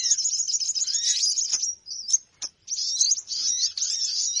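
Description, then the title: Birds twittering in a dense high-pitched chatter, fading to near silence midway and then resuming just as busily. Bird lure recording of noisy bird chatter, played to attract birds, which gather soon after it starts playing. "Baru Diputar Dah Banyak Merapat! Suara Pikat Burung Ribut"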